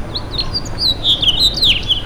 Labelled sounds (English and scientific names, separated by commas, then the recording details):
House Finch (Haemorhous mexicanus) song
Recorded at Freeport on Long Island, New York, on 28 May 2013
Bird D